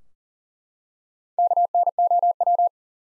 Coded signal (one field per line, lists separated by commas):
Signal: Morse code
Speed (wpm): 40 wpm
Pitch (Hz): 700 Hz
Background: none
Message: KNOW